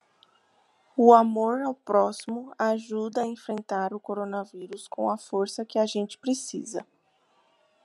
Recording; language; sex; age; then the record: spoken sentence; Brazilian Portuguese; female; 20 to 29 years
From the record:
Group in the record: control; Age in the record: 26 years